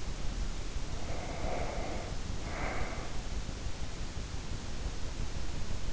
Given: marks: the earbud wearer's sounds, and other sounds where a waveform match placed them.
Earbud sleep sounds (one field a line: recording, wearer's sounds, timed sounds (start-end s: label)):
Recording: sounds in sleep by an in-ear microphone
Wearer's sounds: breath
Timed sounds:
0.61-3.54 s: breath